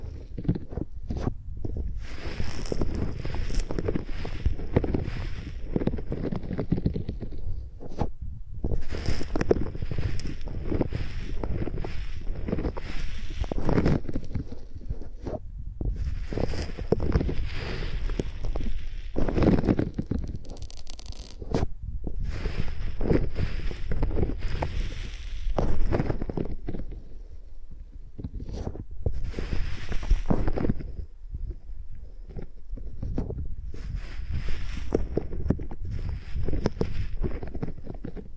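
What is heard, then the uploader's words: Microphones are used like pencils, dragged and rubbed across a surface for 38 seconds of dense, irregular handling noise. Deep rumbling thuds and scrapes dominate, broken by brief bright scratchy strokes and short gaps near 8, 15 and 21 seconds. Using Mics as Pencils (No Talking).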